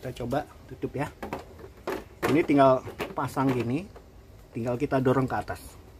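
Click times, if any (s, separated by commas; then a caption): none. Someone talks while a replacement plastic side cover plate is placed on a PS5 game console body to be pushed upward until its clips snap home. Brief handling knocks occur around 1.6 s and 1.9 s. Nothing has seated or clicked yet.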